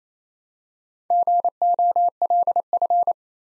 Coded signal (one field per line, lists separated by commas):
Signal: Morse code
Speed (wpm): 28 wpm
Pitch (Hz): 700 Hz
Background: none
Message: GOLF